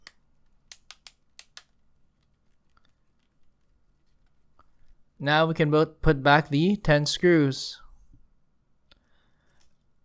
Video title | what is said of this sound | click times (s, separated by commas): NVMe M.2 PCIe SSD Upgrade! Acer Aspire 5 Slim Laptop A515-43-R19L - Silicon Power 256GB SSD | because i mean when you do um close it up you know you can kind of hear a clicking sound so i know it's secured in place | 0.7 s, 0.9 s, 1.1 s, 1.4 s, 1.6 s